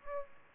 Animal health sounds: mosquito wingbeat signal from an infrared sensor; Aedes aegypti

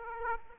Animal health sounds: mosquito wingbeat signal from an infrared sensor; Aedes aegypti

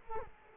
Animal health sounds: mosquito wingbeat signal from an infrared sensor; Culex quinquefasciatus

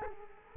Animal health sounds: mosquito wingbeat signal from an infrared sensor; Culex quinquefasciatus

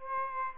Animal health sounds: mosquito wingbeat signal from an infrared sensor; Aedes aegypti

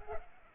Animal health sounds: mosquito wingbeat signal from an infrared sensor; Culex pipiens

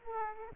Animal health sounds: mosquito wingbeat signal from an infrared sensor; Aedes aegypti

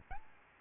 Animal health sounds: mosquito wingbeat signal from an infrared sensor; Aedes albopictus

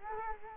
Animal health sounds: mosquito wingbeat signal from an infrared sensor; Culex quinquefasciatus

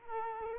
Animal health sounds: mosquito wingbeat signal from an infrared sensor; Culex quinquefasciatus

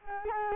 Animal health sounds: mosquito wingbeat signal from an infrared sensor; Culex quinquefasciatus

